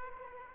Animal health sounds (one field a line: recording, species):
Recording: mosquito wingbeat signal from an infrared sensor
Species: Aedes aegypti